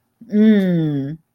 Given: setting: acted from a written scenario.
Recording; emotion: vocal sound without words; ecstasy